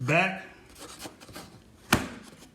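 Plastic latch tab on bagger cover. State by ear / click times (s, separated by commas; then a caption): released / 1.9 s. Someone talks while a plastic latch tab on the bagger cover of a 42"/46" double bagger for a Cub Cadet XT1/XT2 is pried back to open it. A sharp snap sounds at 1.9 s, between quieter rubbing sounds, as the tab releases and the cover comes open.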